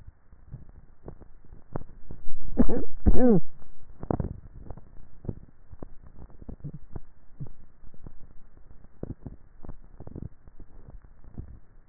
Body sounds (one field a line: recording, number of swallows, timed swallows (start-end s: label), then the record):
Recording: swallowing sounds by neck microphone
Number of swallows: 1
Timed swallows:
10.55-11.25 s: swallow
From the record:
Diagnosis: dysphagia